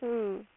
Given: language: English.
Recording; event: throat vibration sensor signal played as sound; speech